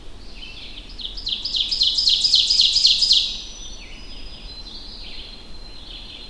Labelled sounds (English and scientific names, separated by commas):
Ovenbird (Seiurus aurocapilla) song